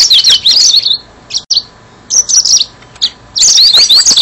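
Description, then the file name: Yellow-fronted canary giving short, high twittering phrases broken by brief pauses, ending in a fuller burst of rapid slurred notes. "mozambik"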